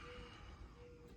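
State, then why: Not seated. The handlebar phone/display unit of a 2023 Stark Varg electric dirt bike, just turned off, is being pushed back toward its dock, with only a steady broadband wash, a faint tone near 500 Hz and low rumble and no sharp transients. Nothing has seated or clicked into the dock yet.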